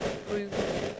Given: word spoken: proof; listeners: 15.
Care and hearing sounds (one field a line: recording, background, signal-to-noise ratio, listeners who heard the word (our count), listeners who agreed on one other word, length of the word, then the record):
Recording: one English word in noise, from a listening test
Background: noise modulated by three-talker babble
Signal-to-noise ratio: -3.9 dB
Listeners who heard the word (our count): 1 of 15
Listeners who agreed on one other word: 8 of 15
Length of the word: 0.60 s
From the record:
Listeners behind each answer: 8, 2, 1, 1, 1, 1, 1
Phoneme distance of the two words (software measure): 20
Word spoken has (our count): 1 syllable, 4 phonemes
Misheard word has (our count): 1 syllable, 4 phonemes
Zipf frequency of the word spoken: 4.34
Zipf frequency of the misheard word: 5.19